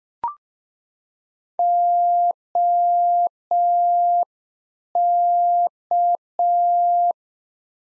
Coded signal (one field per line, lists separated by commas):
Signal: Morse code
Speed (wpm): 5 wpm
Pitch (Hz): 700 Hz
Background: none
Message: OK